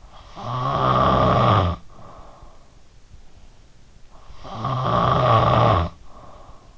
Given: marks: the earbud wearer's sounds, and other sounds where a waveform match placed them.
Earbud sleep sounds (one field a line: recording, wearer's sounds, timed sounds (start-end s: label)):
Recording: sounds in sleep by an in-ear microphone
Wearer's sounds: snoring breath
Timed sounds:
0.16-2.43 s: snoring breath
4.29-6.78 s: snoring breath